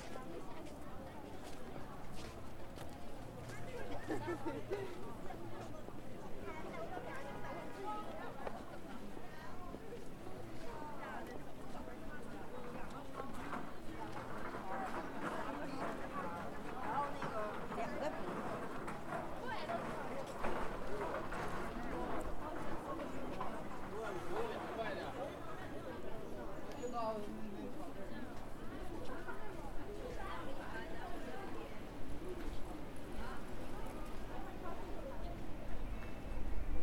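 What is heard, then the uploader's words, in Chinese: A busy street scene at Zhongjie in Shenyang, filled with a steady murmur of many voices talking at once. The crowd noise stays dense throughout, swelling a little in the middle and again near the end, with occasional clicks and footsteps mixed in. 沈阳，中街。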